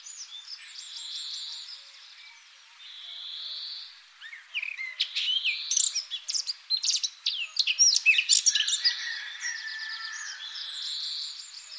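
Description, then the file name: Eurasian blackcap warbling song: soft drawn-out notes at first, then a loud, rapid burst of chattering phrases, ending with quieter warbles. "Sylvia atricapilla"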